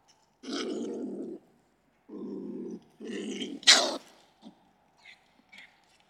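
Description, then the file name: Stone marten growling in three harsh, raspy bursts, followed by a sudden sharp shriek and a few faint clicks. Wild animal in Europe. "Steinmarder Geraeusche Wildtiere in Europa"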